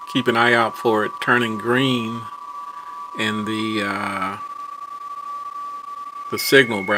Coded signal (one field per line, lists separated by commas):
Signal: PSK31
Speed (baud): 31.25 baud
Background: speech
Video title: PSK31 with the FTDX10 and FLDIGI 6-5 2026